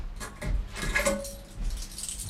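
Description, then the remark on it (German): A bunch of keys to hotel room number 1 jangles and clinks in a few quick bursts as it is handed over, bright metallic rattles with a short ringing tone, over a low steady hum and no talking. “Der Schlüssel, bis Mittag räumen.”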